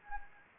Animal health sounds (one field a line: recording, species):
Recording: mosquito wingbeat signal from an infrared sensor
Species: Anopheles gambiae